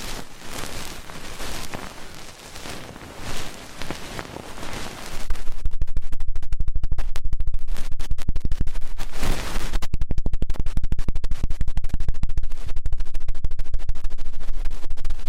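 Fast, intense ear cleaning: for about five seconds there's a dense, rough rubbing and rustling that swells and fades. Then it turns into rapid, loud scratching, a steady stream of crisp clicks and scrapes that continues to the end with a brief dip near nine seconds.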